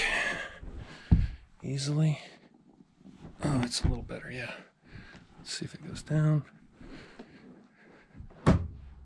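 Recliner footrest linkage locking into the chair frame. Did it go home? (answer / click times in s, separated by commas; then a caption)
yes / 8.5 s. Someone talks while working a recliner footrest whose linkage bushing has been sprayed with penetrating oil, then pushes the footrest down. At 8.5 s the footrest linkage locks into the chair frame with a short, solid thunk, and the mechanism is confirmed locked in place.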